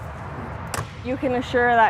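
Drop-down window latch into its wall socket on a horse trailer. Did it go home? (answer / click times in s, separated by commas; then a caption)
yes / 0.7 s. A small latch piece on the lowered drop-down window of a 2025 Logan Coach Bullseye 2 horse bumper pull trailer is connected into its wall socket so the window stays put while riding. A single sharp click is heard at 0.7 s, and then someone talks. The latch is seated in the socket.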